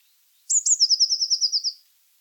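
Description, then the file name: Eurasian blue tit song, two sharp high notes leading into a rapid descending run of about ten ringing trilled notes. "Cyanistes caeruleus"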